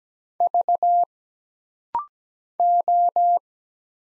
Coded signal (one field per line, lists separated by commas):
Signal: Morse code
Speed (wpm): 17 wpm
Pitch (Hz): 700 Hz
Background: none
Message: V O